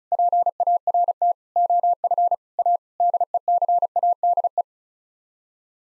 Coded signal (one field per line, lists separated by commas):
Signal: Morse code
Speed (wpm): 36 wpm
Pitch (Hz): 700 Hz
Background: none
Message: PART OF A DECADE